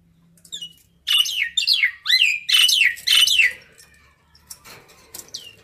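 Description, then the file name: Common myna giving loud harsh, downslurred squawks in quick succession, then fainter clicks and a thin whistle. Calling the flock. "Tieng sao nau goi bay"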